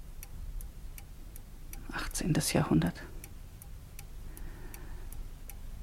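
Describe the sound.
An old clock above a fireplace with a golden grate ticks steadily in a quick, even rhythm, each tick crisp but soft, in a very quiet place. Midway through, a voice briefly speaks over the ticking.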